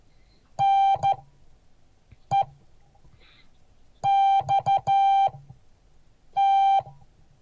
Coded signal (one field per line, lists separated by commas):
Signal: Morse code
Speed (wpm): 13 wpm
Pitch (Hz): 790 Hz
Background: none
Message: NEXT